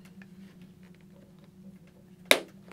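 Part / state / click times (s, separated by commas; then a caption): cheek pad press snap into helmet shell / seated / 2.3 s. A cheek pad's press snap is pushed back into a helmet shell after the chin strap is routed through, while installing a Sena Smart HJC 20B Bluetooth communication system; this is one of three snaps holding the pad. Over a quiet, steady low hum with a few faint ticks, one sharp, loud snap rings out at 2.3 s. The snap clicks home and the cheek pad is seated.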